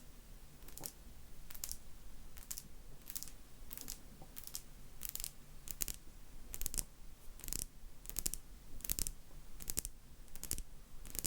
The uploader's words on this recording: ASMRMystic 7 Tapping.